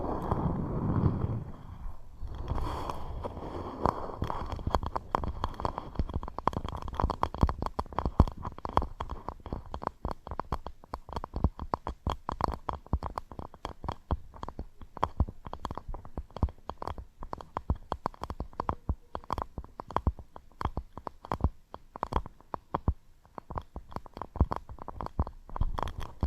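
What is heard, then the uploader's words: Scratching and tapping triggers: a low rumbling opening gives way to dense, quick, irregular taps and scratches that continue steadily to the end. Scratching & Tapping Triggers. (NO TALKING).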